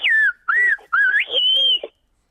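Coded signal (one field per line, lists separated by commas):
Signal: whistled language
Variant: Silbo Gomero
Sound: a loud clear whistle gliding up and down in four phrases, ending on a high held tone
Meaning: Tomorrow he or she goes to Madrid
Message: mañana va a madrid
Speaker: nos lo cuenta el silbador eugenio arias mañana va a madrid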